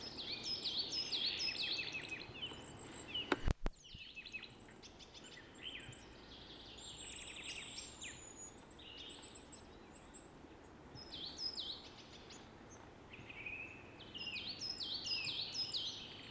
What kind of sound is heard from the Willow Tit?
aggressive call